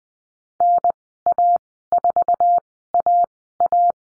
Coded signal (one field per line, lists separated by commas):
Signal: Morse code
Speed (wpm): 20 wpm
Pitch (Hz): 700 Hz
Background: none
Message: NA4AA